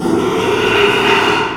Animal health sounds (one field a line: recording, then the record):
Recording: squeal of a Yucatan mini pig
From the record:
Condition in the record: after surgery on the right vocal fold (resection and tissue-engineered implant)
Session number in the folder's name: 1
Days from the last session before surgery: 6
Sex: male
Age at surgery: 12 weeks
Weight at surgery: 13 kg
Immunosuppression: cyclosporine, prednisolone